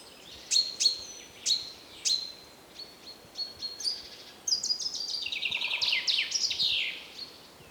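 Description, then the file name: Common chaffinch giving a run of sharp, high call notes for about four seconds, then a quick, falling, rattling song phrase ending in a flourish. "Fringilla coelebs"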